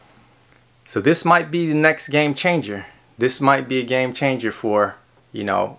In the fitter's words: and snaps right in